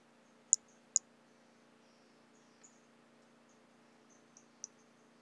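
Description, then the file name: White-lined pumpkin toadlet calling with two sharp, very high-pitched clicky notes about half a second apart, then a few much fainter notes later, over low steady hum. Individual number 15, unvouchered. "Brachycephalus albolineatus individual 15 unvouchered"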